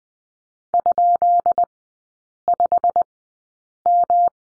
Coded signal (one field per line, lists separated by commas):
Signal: Morse code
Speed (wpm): 20 wpm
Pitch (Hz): 700 Hz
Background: none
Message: ?5M